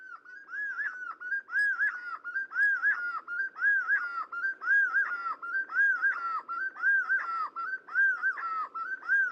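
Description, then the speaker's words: Black-fronted wood quail chorus, a steady run of arched, whistled phrases repeating about once a second without pause. Several birds recorded in Colombia. "Here's some black fronted wood quail in Colombia."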